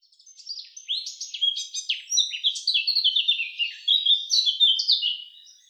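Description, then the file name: Eurasian blackcap song: a fast, scratchy warble of varied chirps and short trills, high-pitched and continuous throughout. "Sylvia atricapilla"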